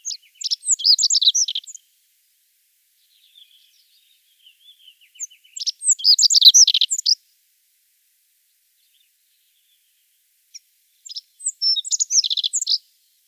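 Rock bunting giving three bright, jingling song phrases of quick high notes separated by pauses, with a few faint thin notes between the first two.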